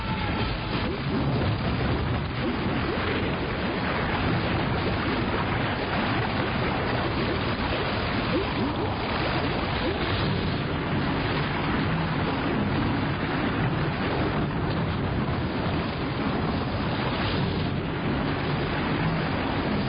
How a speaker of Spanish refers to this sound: Hay 40 cortes de música y yo he dado precisamente con el de agua.